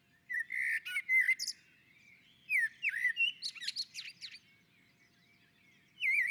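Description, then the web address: Common blackbird song with low fluty notes that break into high, thin twitters, followed by a second warbled phrase and a fresh start at the end. On a roof. "Naturinspelningar Koltrast på taket"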